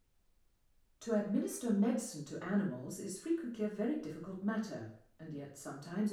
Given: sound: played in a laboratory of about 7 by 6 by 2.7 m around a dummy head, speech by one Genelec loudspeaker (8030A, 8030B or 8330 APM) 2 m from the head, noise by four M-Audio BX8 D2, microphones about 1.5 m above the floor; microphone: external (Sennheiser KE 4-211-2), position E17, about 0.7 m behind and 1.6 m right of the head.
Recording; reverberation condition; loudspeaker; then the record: female speech in English; medium; behind (180 degrees)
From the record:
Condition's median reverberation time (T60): about 510 ms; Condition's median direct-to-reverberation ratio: about -0.5 dB